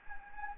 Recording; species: mosquito wingbeat signal from an infrared sensor; Anopheles gambiae